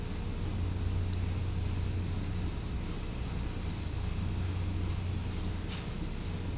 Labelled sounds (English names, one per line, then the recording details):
none
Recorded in pastures near Puerto Asís, Putumayo, Colombia, on 20 December 2024 at 10:00
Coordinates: 0.505, -76.324
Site G063